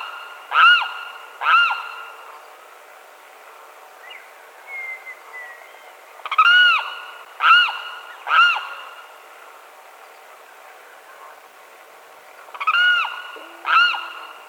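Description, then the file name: Limpkin calls: loud wailing cries with a sharp rise and drop, given in short bouts of two or three about a second apart, with a faint thin whistle between bouts. Recorded at Quinto Potrero on 8 September 2002. "Aramusguarauna Quinto Potrero 8 SEP 02"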